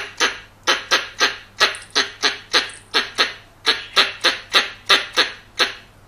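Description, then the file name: Squirrel calling: fast, rasping bark notes around three to four per second, irregular in rhythm, sustained throughout. Young male squirrel. "กระรอกหนุ่ม"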